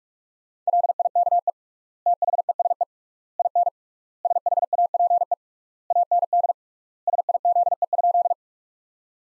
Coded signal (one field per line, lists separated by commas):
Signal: Morse code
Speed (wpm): 41 wpm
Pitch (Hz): 700 Hz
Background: none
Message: LIKE THESE IN SHAPE AND SIZE?